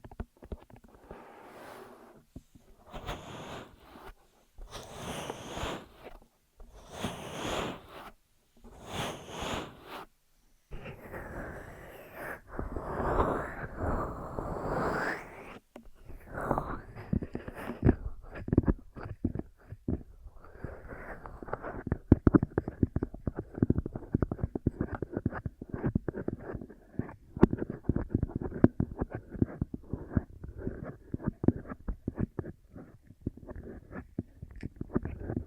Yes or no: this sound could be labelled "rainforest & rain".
no